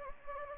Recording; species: mosquito wingbeat signal from an infrared sensor; Anopheles gambiae